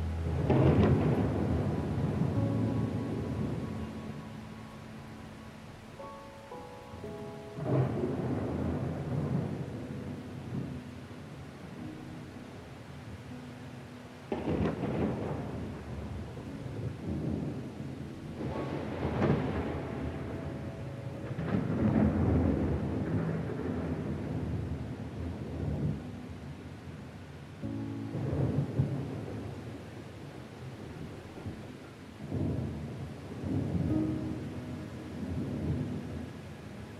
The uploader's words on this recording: Relaxing THUNDERSTORM and Gentle MUSIC. The comforting sounds of thunder and rain, accompanied by gentle classical music.